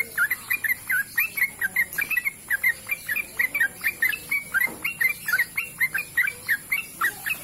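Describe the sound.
Bird song of evenly paced bright chirps repeating throughout, with a high hiss in the background.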